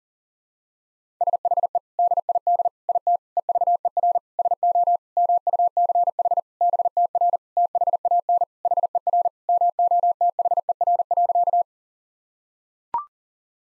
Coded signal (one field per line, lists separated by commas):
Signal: Morse code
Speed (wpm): 40 wpm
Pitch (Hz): 700 Hz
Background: none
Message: SHE DID IT EVER SO MUCH BTR THAN HER MOTHER.